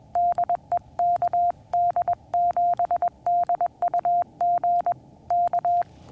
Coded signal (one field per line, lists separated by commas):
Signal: Morse code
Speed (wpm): 21 wpm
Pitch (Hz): 700 Hz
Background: none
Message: DE KD7DUG K